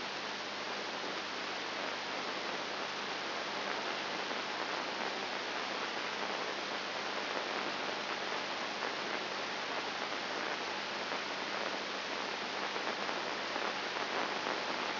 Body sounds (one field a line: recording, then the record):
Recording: brain microelectrode recording played as sound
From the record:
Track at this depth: inside the subthalamic nucleus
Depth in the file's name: 4.701 mm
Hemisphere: left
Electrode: 2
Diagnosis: Parkinson's disease